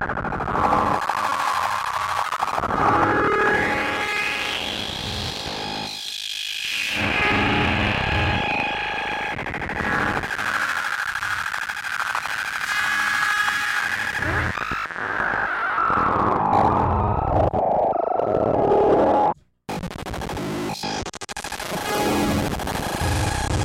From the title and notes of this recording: Playing with Square Waves. Modules used: Bastl ABC mixer, Befaco Rampage, Even VCO, Pico RND, Make Noise Maths, Morphagene, 0-coast, Ornament and Crime, Zlob SVF, Diode Chaos, Mutable Instruments Clouds.